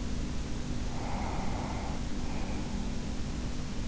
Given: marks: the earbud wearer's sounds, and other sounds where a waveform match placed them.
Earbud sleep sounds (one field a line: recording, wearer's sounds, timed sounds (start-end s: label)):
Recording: sounds in sleep by an in-ear microphone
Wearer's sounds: breath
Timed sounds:
0.75-3.18 s: breath